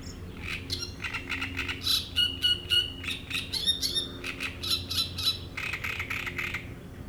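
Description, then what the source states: Great reed warbler singing continuously: loud rasping, croaking syllables in quick rhythmic groups, with some higher squeaky notes between phrases. Reed bed at Chatillon beach, Chindrieux, France; shrill song of a migrant from Africa that can sing day and night.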